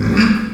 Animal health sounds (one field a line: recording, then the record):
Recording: squeal of a Yucatan mini pig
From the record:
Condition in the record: after surgery on the right vocal fold (resection and tissue-engineered implant)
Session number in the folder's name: 13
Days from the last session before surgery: 113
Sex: female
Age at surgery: 19 weeks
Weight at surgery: 25 kg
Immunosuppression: prednisolone